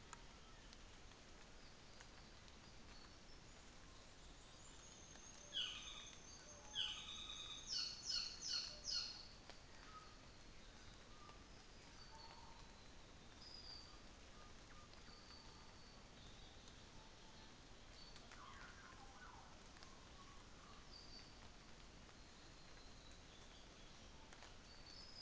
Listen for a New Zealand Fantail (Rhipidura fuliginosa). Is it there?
yes